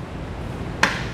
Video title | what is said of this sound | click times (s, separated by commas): etrailer - How to Set Up Your Kuat Sherpa 2.0 Bike Rack for 2 Bikes on a 2021 Lexus RX 350 | Put it back in place, you simply lift until it locks in place. | 0.8 s